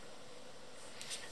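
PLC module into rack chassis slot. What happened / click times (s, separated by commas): The module clicked into its slot / 1.0 s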